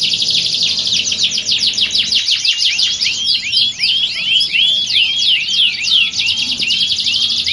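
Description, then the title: Canary singing a fast, rolling series of high looping notes and chattering trills, sustained without pause throughout. Belgian canary; warm-up song used for singing contest training and simulation. "Canto Para Esquentar Canário Belga. Simulasi Lomba Kenari. Suara Kenari Lomba. Melatih Mental Kenari Juara"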